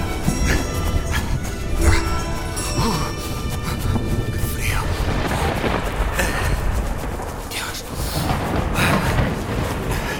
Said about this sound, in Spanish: Pronto se oyeron lejanos ecos de truenos que fueron haciéndose cada vez más cercanos y continuos. La inminente tormenta estalló por fin y corrí hasta unos peñascos donde poder refugiarme.